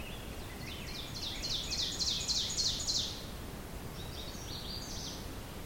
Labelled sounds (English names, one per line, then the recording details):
Ovenbird song
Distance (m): 30 m
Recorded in boreal forest in Alberta, Canada, on 5 June 2016 at 07:12
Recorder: SongMeter 3, array SBT-3-51
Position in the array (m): 262 m, 116 m
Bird 28